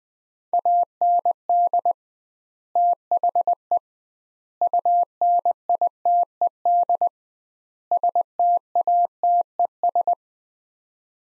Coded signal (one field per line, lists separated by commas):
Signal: Morse code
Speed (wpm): 20 wpm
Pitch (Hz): 700 Hz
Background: none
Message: AND THE UNITED STATES